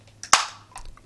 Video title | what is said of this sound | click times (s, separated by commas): Vitamix Stainless Steel Container Overview | once you hear the click it's locked so you can lock this lid in either the left position | 0.3 s